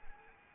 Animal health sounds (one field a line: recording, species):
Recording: mosquito wingbeat signal from an infrared sensor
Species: Anopheles arabiensis